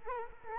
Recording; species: mosquito wingbeat signal from an infrared sensor; Culex quinquefasciatus